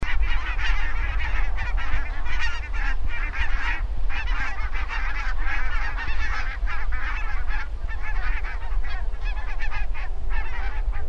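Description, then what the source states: Barnacle Goose calls: a dense flock of yapping, barking honks overlapping continuously, with heavy low-pitched noise underneath. Calls, dated 250911.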